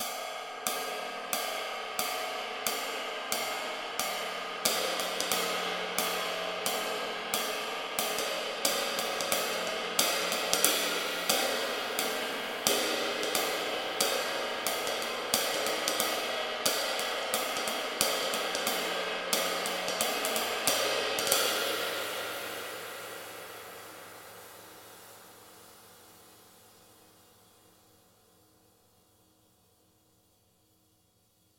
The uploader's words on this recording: Cymbals | Doug Yowell | OH Baby Bottle High Pass + Gain by Blue Microphones.